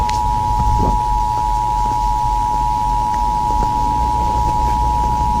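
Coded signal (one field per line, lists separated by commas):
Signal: Emergency Alert System (SAME) tones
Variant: 853 and 960 Hz attention tone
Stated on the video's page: Required monthly test EAS tones in an analog horror piece.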